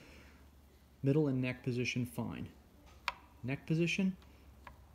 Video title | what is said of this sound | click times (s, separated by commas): EMG 5-way switch - fit issues | when i try to click into the neck position it doesn't click all the way over it | 4.7 s